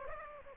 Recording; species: mosquito wingbeat signal from an infrared sensor; Aedes aegypti